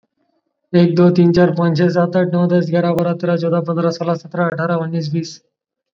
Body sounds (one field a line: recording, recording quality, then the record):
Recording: counting at a fast pace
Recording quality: excellent, no background noise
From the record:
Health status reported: COVID-19 positive, mild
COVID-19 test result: positive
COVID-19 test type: rapid antigen test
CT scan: not taken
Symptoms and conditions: cough, fever, fatigue, muscle pain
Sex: male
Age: 20 years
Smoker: no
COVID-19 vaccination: both doses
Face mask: worn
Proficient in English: yes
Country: India